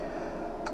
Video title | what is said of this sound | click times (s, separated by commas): Juventino's RayBan 7151 w Zeiss Rx Photofusion Extra Grey Lenses w Red Flash Mirror | grab your frames we're gonna see if the left lens fits first time around tuck it in the outside corners push down the nose it snaps right in | 0.7 s